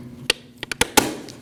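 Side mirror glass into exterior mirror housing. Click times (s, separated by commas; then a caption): 0.3 s, 0.8 s. Replacement side mirror glass for a 2014-2023 Jeep Cherokee is pressed with a rag in the middle of the glass onto the exterior mirror housing's backing plate. Sharp clicks sound at 0.3 s and 0.8 s as its clips snap home, with a few smaller taps and a broader knock around them. The glass is seated.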